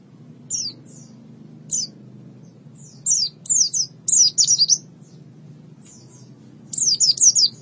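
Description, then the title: White-eye song, scattered single high chirps building into quick clusters of sharp descending notes, with a soft low hum behind. "Kicauan Burung Pleci"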